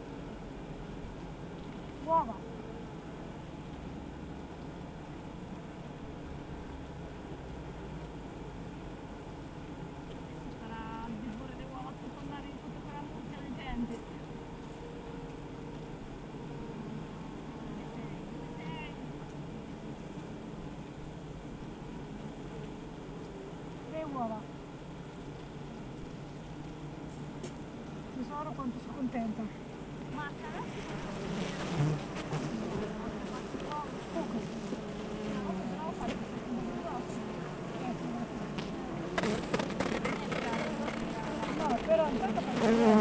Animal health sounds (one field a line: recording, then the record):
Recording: honeybee colony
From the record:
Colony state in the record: active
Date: 28 July 2017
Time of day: 8:11